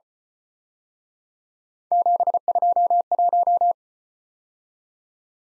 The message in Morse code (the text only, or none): 721